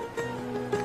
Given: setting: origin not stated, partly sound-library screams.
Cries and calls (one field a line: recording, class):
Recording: one-second piece from a danger detection set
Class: normal situation